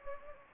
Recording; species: mosquito wingbeat signal from an infrared sensor; Anopheles gambiae